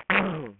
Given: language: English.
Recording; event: throat vibration sensor signal played as sound; throat clearing